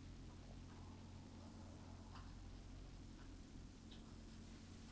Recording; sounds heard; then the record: poultry house recording; healthy chickens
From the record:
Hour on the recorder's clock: 21